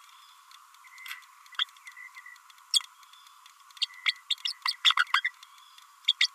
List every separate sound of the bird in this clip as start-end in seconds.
1.58-1.65, 2.73-2.80, 3.81-3.87, 4.06-4.13, 4.30-4.36, 4.45-4.53, 4.65-4.73, 5.13-5.22, 6.20-6.28